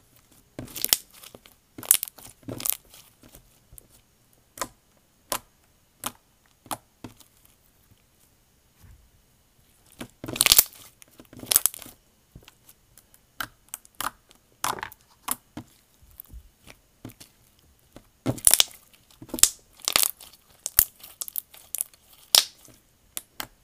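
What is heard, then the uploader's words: Pop it sounds: a string of sharp, dry pops and clicks pressed out one after another at an uneven pace, with a slight crinkly crunch. Bursts come thicker around the first two seconds, near ten seconds and again near eighteen, with near silence between. ᴘᴏᴘ ɪᴛ sᴏᴜɴᴅs.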